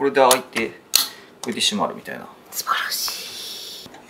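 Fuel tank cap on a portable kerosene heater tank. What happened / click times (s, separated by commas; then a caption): Cap handled, not yet clicked closed / none. Someone talks while handling the fuel tank cap on the kerosene tank of a portable fan heater, producing light clattering knocks around 1.0, 1.5 and 4.1 s and a brief hissing rush from about 3.0 to 3.9 s. The cap is not yet closed; nothing has seated or clicked yet.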